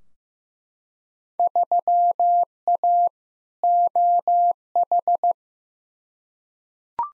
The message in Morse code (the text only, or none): 3A OH